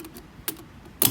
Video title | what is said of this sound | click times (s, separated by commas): 120 years old!!! Antique Sewing machine White Rotary 9002 | this bobbin cover just clicks right in place | 1.0 s